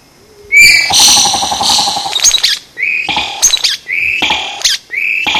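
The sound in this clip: Vogelkop bowerbird giving loud harsh chattering calls, then a run of short rising whistles each ending in a crackling burst, about once a second.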